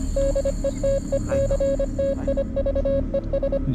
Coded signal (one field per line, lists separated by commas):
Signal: Morse code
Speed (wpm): 25 wpm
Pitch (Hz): 550 Hz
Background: music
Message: DETECTIVES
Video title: MORSE CODE | FROM THE OTHER SIDE | DETECTIVES OF SUPERNATURAL